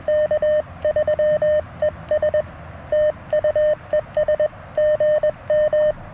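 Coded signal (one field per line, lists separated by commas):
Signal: Morse code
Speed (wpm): 21 wpm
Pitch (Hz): 1800 Hz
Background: none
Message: K3ES TU ES GM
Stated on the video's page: Morse sent with paddles on a tiny portable QRP Mountain Topper MTR3B during a Parks on the Air activation, Alex Loop antenna, battery and solar powered.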